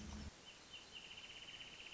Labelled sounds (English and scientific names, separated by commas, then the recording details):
Wrentit (Chamaea fasciata)
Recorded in Sonoma County, California